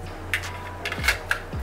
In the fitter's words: solid click solid sheath all nicely round and polished